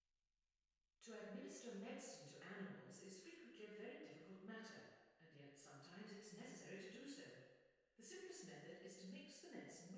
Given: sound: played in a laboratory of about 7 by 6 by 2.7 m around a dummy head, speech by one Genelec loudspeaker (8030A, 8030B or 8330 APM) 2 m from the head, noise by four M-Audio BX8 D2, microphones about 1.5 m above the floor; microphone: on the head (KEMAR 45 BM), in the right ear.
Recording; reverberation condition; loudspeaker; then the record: female speech in English; high; 120 degrees to the left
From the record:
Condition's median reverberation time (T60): about 1300 ms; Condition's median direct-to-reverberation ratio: about -4.0 dB